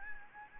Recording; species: mosquito wingbeat signal from an infrared sensor; Anopheles gambiae